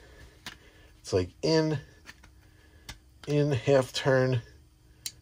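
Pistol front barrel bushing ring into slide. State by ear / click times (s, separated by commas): seated / 5.1 s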